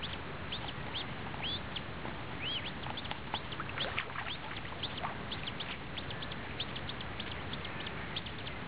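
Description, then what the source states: Coot calls: a continuous stream of short, high, bowed peeps, steady throughout over low background rumble. Adult feeding young.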